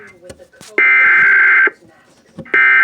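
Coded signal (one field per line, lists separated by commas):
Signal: Emergency Alert System (SAME) tones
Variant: header bursts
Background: speech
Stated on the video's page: Pennsylvania statewide required monthly test relayed by FM, AM and TV broadcast stations and an EASyCAST relay.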